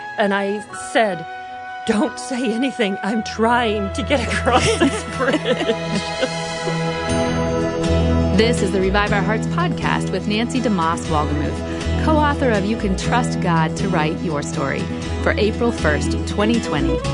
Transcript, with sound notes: And I said, “Don’t say anything, I’m trying to get across this bridge.” (laughter)
This is Revive Our Hearts with Nancy DeMoss Wolgemuth, author of You Can Trust God to Write Your Story, for April 1, 2020.